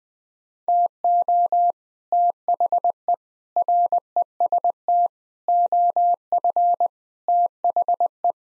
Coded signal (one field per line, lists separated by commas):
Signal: Morse code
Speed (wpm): 20 wpm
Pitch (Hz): 700 Hz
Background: none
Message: TO THE REST OF THE